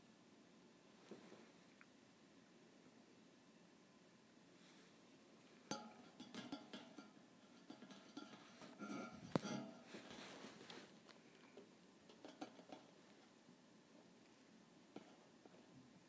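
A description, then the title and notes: Thin metal bars are tapped in scattered bright clinks, sparse at first, then clustering densely around six to ten seconds before thinning out again. ASMR Tapping Thin Metal Bars.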